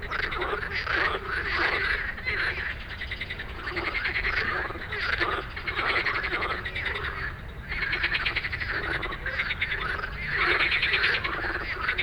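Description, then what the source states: Frog chorus of many overlapping rattling and trilling croaks, rising and dipping in waves without any break. Dense evening frog chorus after dark in Stromovka Park, Prague, many frogs calling; 18 May 2022 from 22:08, recorded with a Sony PCM-D100.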